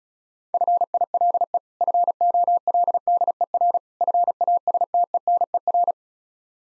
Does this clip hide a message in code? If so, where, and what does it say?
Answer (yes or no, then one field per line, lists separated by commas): yes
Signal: Morse code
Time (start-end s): 0.5-5.9 s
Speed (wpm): 36 wpm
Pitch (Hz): 700 Hz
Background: none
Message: FILE FOLDER FASTENER